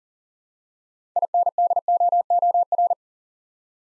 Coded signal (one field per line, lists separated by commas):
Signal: Morse code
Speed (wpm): 40 wpm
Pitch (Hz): 700 Hz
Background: none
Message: INDOOR